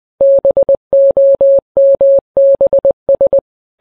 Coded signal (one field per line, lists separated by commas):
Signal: Morse code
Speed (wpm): 20 wpm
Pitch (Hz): 550 Hz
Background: none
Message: BOMBS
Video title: The U.S. National Anthem, but it’s Morse Code.